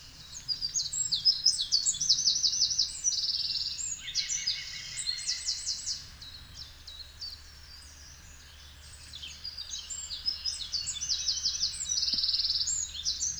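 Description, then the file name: Eurasian wren singing a loud, high, rapid warble of sharp notes and fast rattling trills, strongest in the first four seconds and again near the end, over a low steady hum. "Troglodytes troglodytes"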